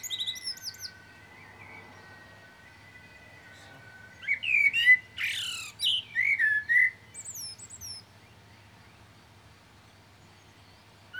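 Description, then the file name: Common blackbird song: faint high notes at first, then after a few quiet seconds a rich fluting warble mixed with shrill twittering, then silence. "Turdus merula"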